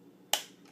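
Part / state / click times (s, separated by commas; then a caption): plastic clip on a toy robot figure's sword storage / seated / 0.3 s. A small plastic clip on a toy robot figure's sword storage is pulled out until it clicks into place to store the swords. A single sharp snap is heard at 0.3 s, and the clip seats.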